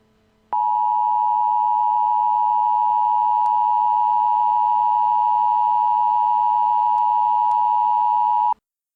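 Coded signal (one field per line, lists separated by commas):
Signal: Emergency Alert System (SAME) tones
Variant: 853 and 960 Hz attention tone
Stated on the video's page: Recreated EAS alert imagining how events in the 1998 film Deep Impact might be broadcast.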